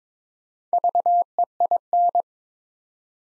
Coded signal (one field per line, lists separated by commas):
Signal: Morse code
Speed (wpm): 22 wpm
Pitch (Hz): 700 Hz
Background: none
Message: VEIN